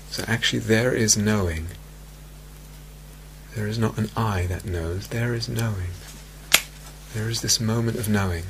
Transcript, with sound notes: So actually, there is knowing. There is not an I that knows. There is knowing. [snaps fingers] There is this moment of knowing.